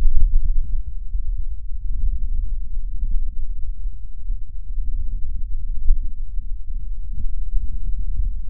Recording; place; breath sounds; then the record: lung sounds by stethoscope; left posterior lower chest; crackles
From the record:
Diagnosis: lung fibrosis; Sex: female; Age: 76 years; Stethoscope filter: bell mode, 20 to 200 Hz